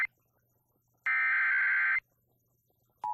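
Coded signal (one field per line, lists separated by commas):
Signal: Emergency Alert System (SAME) tones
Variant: header bursts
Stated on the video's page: Severe Thunderstorm Warning relayed on an AM station and an FM station.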